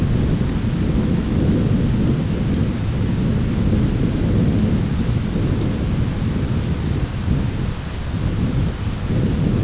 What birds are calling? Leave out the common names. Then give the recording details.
none. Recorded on Arctic tundra, site ZACK-1, on 10 June 2019. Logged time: 15:49